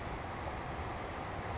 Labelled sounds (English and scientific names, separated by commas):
Savannah Sparrow (Passerculus sandwichensis)